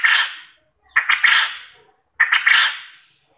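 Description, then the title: Quail calls, three loud stuttered bursts a little over a second apart, each falling away into a fading tail. Quail call used as a lure to get quail to answer and call actively. "Burung Puyuh Mana Yang Tidak Nyaut Dan Gacor Dengan Pancingan Ini"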